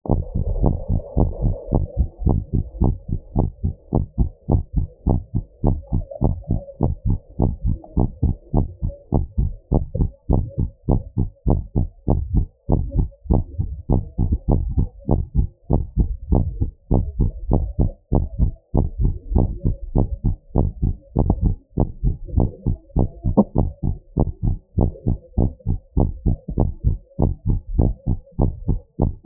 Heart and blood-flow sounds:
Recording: heart sounds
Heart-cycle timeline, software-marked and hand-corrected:
0.00	0.02	S1
0.02	0.20	systole
0.20	0.32	S2
0.32	0.54	diastole
0.54	0.72	S1
0.72	0.90	systole
0.90	1.00	S2
1.00	1.16	diastole
1.16	1.30	S1
1.30	1.44	systole
1.44	1.54	S2
1.54	1.72	diastole
1.72	1.82	S1
1.82	1.98	systole
1.98	2.08	S2
2.08	2.24	diastole
2.24	2.38	S1
2.38	2.54	systole
2.54	2.64	S2
2.64	2.80	diastole
2.80	2.94	S1
2.94	3.12	systole
3.12	3.20	S2
3.20	3.38	diastole
3.38	3.50	S1
3.50	3.64	systole
3.64	3.74	S2
3.74	3.94	diastole
3.94	4.06	S1
4.06	4.20	systole
4.20	4.30	S2
4.30	4.50	diastole
4.50	4.62	S1
4.62	4.76	systole
4.76	4.86	S2
4.86	5.06	diastole
5.06	5.20	S1
5.20	5.36	systole
5.36	5.44	S2
5.44	5.64	diastole
5.64	5.78	S1
5.78	5.94	systole
5.94	6.04	S2
6.04	6.24	diastole
6.24	6.36	S1
6.36	6.52	systole
6.52	6.62	S2
6.62	6.82	diastole
6.82	6.94	S1
6.94	7.10	systole
7.10	7.20	S2
7.20	7.40	diastole
7.40	7.54	S1
7.54	7.66	systole
7.66	7.76	S2
7.76	7.96	diastole
7.96	8.08	S1
8.08	8.24	systole
8.24	8.36	S2
8.36	8.56	diastole
8.56	8.68	S1
8.68	8.84	systole
8.84	8.92	S2
8.92	9.14	diastole
9.14	9.24	S1
9.24	9.38	systole
9.38	9.50	S2
9.50	9.72	diastole
9.72	9.84	S1
9.84	10.00	systole
10.00	10.10	S2
10.10	10.30	diastole
10.30	10.44	S1
10.44	10.60	systole
10.60	10.70	S2
10.70	10.90	diastole
10.90	11.02	S1
11.02	11.18	systole
11.18	11.28	S2
11.28	11.48	diastole
11.48	11.62	S1
11.62	11.78	systole
11.78	11.88	S2
11.88	12.10	diastole
12.10	12.20	S1
12.20	12.34	systole
12.34	12.46	S2
12.46	12.70	diastole
12.70	12.84	S1
12.84	12.98	systole
12.98	13.08	S2
13.08	13.30	diastole
13.30	13.44	S1
13.44	13.60	systole
13.60	13.70	S2
13.70	13.90	diastole
13.90	14.02	S1
14.02	14.20	systole
14.20	14.30	S2
14.30	14.50	diastole
14.50	14.64	S1
14.64	14.78	systole
14.78	14.88	S2
14.88	15.10	diastole
15.10	15.22	S1
15.22	15.36	systole
15.36	15.48	S2
15.48	15.72	diastole
15.72	15.84	S1
15.84	15.98	systole
15.98	16.08	S2
16.08	16.30	diastole
16.30	16.44	S1
16.44	16.60	systole
16.60	16.72	S2
16.72	16.92	diastole
16.92	17.06	S1
17.06	17.20	systole
17.20	17.32	S2
17.32	17.52	diastole
17.52	17.66	S1
17.66	17.80	systole
17.80	17.92	S2
17.92	18.12	diastole
18.12	18.26	S1
18.26	18.40	systole
18.40	18.52	S2
18.52	18.74	diastole
18.74	18.88	S1
18.88	19.00	systole
19.00	19.14	S2
19.14	19.34	diastole
19.34	19.50	S1
19.50	19.66	systole
19.66	19.76	S2
19.76	19.96	diastole
19.96	20.08	S1
20.08	20.26	systole
20.26	20.36	S2
20.36	20.56	diastole
20.56	20.70	S1
20.70	20.84	systole
20.84	20.96	S2
20.96	21.16	diastole
21.16	21.28	S1
21.28	21.44	systole
21.44	21.56	S2
21.56	21.78	diastole
21.78	21.88	S1
21.88	22.04	systole
22.04	22.16	S2
22.16	22.36	diastole
22.36	22.48	S1
22.48	22.66	systole
22.66	22.76	S2
22.76	22.96	diastole
22.96	23.08	S1
23.08	23.26	systole
23.26	23.36	S2
23.36	23.58	diastole
23.58	23.70	S1
23.70	23.88	systole
23.88	23.98	S2
23.98	24.18	diastole
24.18	24.28	S1
24.28	24.44	systole
24.44	24.56	S2
24.56	24.78	diastole
24.78	24.90	S1
24.90	25.08	systole
25.08	25.18	S2
25.18	25.38	diastole
25.38	25.50	S1
25.50	25.68	systole
25.68	25.78	S2
25.78	25.98	diastole
25.98	26.12	S1
26.12	26.26	systole
26.26	26.36	S2
26.36	26.58	diastole
26.58	26.72	S1
26.72	26.86	systole
26.86	26.98	S2
26.98	27.20	diastole
27.20	27.32	S1
27.32	27.48	systole
27.48	27.58	S2
27.58	27.76	diastole
27.76	27.92	S1
27.92	28.08	systole
28.08	28.18	S2
28.18	28.40	diastole
28.40	28.52	S1
28.52	28.68	systole
28.68	28.78	S2
28.78	29.00	diastole
29.00	29.12	S1
29.12	29.26	systole
From the record:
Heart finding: normal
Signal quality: good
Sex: female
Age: 67 years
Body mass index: 33.1

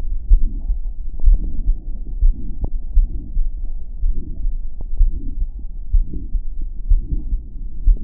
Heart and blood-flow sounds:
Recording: heart sounds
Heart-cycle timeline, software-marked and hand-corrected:
0.00	0.28	diastole
0.28	0.40	S1
0.40	0.68	systole
0.68	0.80	S2
0.80	1.24	diastole
1.24	1.40	S1
1.40	1.66	systole
1.66	1.78	S2
1.78	2.20	diastole
2.20	2.34	S1
2.34	2.56	systole
2.56	2.60	S2
2.60	2.94	diastole
2.94	3.08	S1
3.08	3.38	systole
3.38	3.52	S2
3.52	4.00	diastole
4.00	4.14	S1
4.14	4.42	systole
4.42	4.54	S2
4.54	4.98	diastole
4.98	5.12	S1
5.12	5.40	systole
5.40	5.50	S2
5.50	5.92	diastole
5.92	6.06	S1
6.06	6.34	systole
6.34	6.44	S2
6.44	6.88	diastole
6.88	7.02	S1
7.02	7.30	systole
7.30	7.40	S2
7.40	7.84	diastole
7.84	7.98	S1
7.98	8.04	systole
From the record:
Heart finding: aortic stenosis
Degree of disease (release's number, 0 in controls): 3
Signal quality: good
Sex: female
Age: 72 years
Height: 1.58 m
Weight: 78 kg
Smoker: yes

